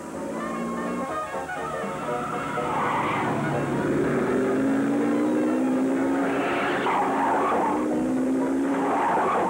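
A car engine roars as it accelerates hard, its pitch climbing in long rising sweeps while tires squeal and skid in loud bursts, with a faint voice briefly underneath.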